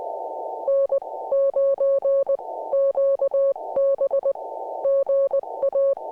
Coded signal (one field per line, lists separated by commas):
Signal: Morse code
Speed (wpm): 20 wpm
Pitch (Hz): 550 Hz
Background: music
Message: N 9 QB GA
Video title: QRP, CW POTA IN A SOLAR STORM - FT-891, GABIL 7350TC